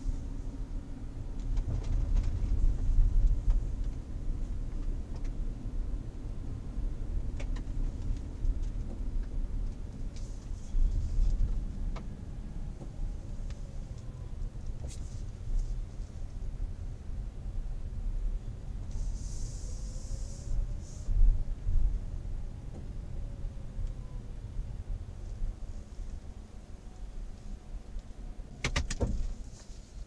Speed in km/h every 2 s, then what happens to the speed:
26, 28, 29, 28, 24, 20, 14, 11, 12, 14, 18, 14, 8, 0, 0.
0-6 steady at about 28. 6-13 slows to 11. 21-26 brakes to 0. 26-30 standing.